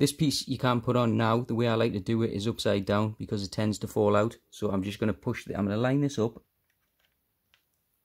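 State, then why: Not seated. Someone talks while lining up a small plastic piece of an eXtremerate RISE 2.0 back-button kit on a PS5 controller shell (BDM-010/BDM-020), held upside down because the piece tends to fall out. Talking fills the first 6.4 seconds, followed by near silence with one faint, brief tick at about 7.5 s. The piece is only positioned, and nothing has seated or clicked yet.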